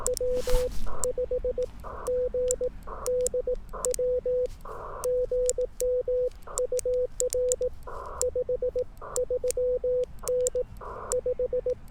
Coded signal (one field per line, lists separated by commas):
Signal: Morse code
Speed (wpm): 18 wpm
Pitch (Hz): 500 Hz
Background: none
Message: W5GDW GM UR 53N 5